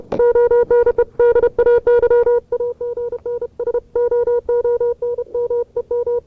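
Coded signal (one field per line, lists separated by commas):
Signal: Morse code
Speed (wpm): 32 wpm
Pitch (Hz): 480 Hz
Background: none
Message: ONE DAY AGN SOON MEM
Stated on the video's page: Archival CW contact from 1970.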